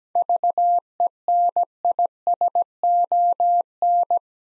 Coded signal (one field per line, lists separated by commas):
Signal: Morse code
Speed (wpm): 17 wpm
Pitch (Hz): 700 Hz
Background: none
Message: VENISON